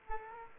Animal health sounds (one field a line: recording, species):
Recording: mosquito wingbeat signal from an infrared sensor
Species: Culex quinquefasciatus